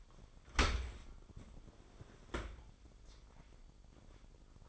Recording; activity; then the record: daily activity, microphone in the room; open dishwasher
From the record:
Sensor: 5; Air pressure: 995.9 hPa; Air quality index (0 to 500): 105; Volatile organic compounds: 7 ppm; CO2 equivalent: 2028 ppm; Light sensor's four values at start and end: 39/94/39/42 and 41/97/40/43